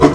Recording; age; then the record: pig call; growing-finishing pig (85 days or more)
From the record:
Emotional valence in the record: positive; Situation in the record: run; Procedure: transit